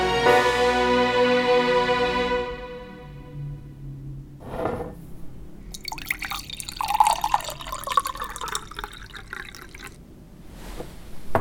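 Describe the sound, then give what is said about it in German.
Water is poured into a glass in a steady, gurgling stream lasting several seconds, after a fading sustained tone and a single sharp knock, with no voices. “Auch ein Glas Wasser für Sie, Frau Kurz?”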